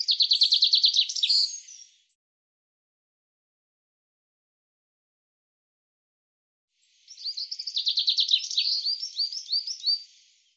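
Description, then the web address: Common chaffinch song: two bright trilled phrases of rapid repeated notes, each ending in a short flourish, separated by about five seconds of silence. "Deverinetal 2025 File cleaned normalized Bird Fr Co"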